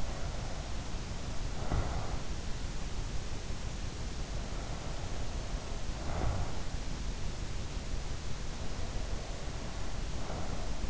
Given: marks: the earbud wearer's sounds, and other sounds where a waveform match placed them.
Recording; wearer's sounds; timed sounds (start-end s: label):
sounds in sleep by an in-ear microphone; breath
0.00-2.34 s: breath
4.36-6.67 s: breath
8.60-10.90 s: breath